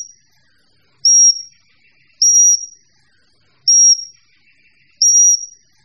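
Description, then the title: Bird whistles: a loud, high, level whistled note repeated four times at slightly uneven intervals of one to one and a half seconds, with faint soft twittering between. Several kinds of birds mixed together. "manuk campur"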